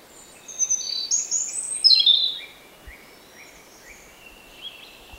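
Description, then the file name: European robin singing a short burst of high, liquid, tumbling notes with a sharp downward slur, then quieter thin trills fading out against faint hiss. "Erithacus rubecula"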